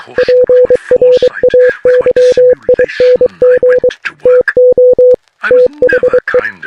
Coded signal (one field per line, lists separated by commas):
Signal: Morse code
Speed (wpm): 23 wpm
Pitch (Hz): 500 Hz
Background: speech, radio noise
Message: PRAYING TO THE